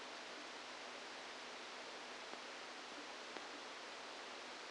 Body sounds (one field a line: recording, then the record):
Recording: brain microelectrode recording played as sound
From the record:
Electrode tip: outside the subthalamic nucleus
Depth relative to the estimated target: -8 mm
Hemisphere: left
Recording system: NeuroSet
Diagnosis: Parkinson's disease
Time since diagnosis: 27 years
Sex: male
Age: 62 years